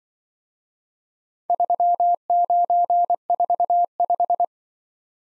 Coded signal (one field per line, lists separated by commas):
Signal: Morse code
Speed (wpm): 24 wpm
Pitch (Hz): 700 Hz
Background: none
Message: 3945